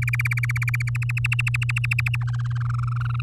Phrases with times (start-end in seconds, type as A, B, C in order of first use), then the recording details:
0.02-0.89 A, 0.95-2.16 B, 2.21-3.21 C. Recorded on 7 May 2018 at 16:55. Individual llb16